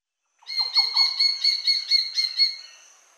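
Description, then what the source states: Graceful honeyeater call: a quick series of ringing notes with strong harmonics. Recorded in Papua New Guinea.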